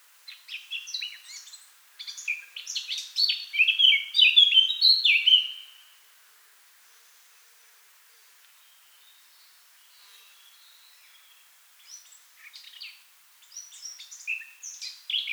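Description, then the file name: Eurasian blackcap song of scratchy warbling rising into loud fluty phrases for about six seconds, then quiet, then twittering returns. "Sylvia atricapilla"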